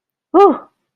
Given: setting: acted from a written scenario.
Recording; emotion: vocal sound without words; negative surprise